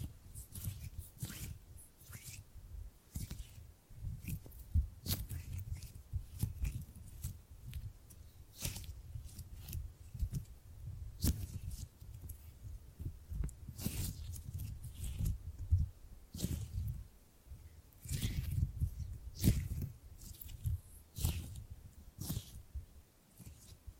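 Gripping and grabbing sounds: repeated dull, low thumps and squeezes come at an uneven pace throughout, some landing in quick clusters. Sharp, bright scrapes and rustles cut in between them, several every few seconds, over a faint low rumble.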